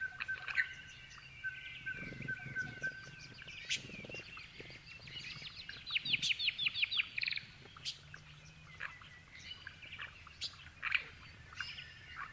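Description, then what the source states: Grey-fronted honeyeaters chirping, scattered high notes with a fast run of repeated sharp chips around the middle, then more loose twittering. Several birds chirping together.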